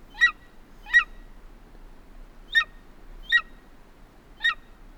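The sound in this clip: Golden eagle giving five thin, downslurred yelping notes at uneven intervals against a quiet, steady background.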